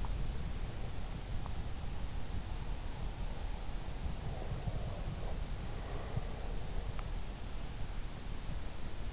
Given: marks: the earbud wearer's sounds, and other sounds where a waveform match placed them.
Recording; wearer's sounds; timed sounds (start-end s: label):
sounds in sleep by an in-ear microphone; breath
4.10-7.44 s: breath